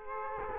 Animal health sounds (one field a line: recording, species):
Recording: mosquito wingbeat signal from an infrared sensor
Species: Culex quinquefasciatus